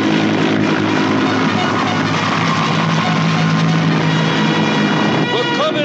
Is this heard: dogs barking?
no